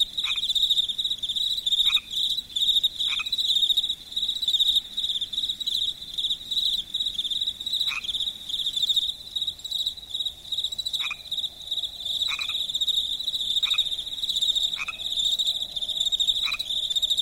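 Crickets trill without pause in a dense, high, steady chorus that fills the whole recording. Every second or few, a short, sharp call cuts through and drops lower in pitch, possibly a frog. A faint low rumble sits underneath.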